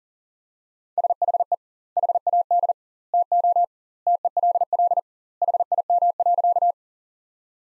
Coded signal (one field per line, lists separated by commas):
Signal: Morse code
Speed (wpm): 40 wpm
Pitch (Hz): 700 Hz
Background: none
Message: SHE HAD TO TELL HIM.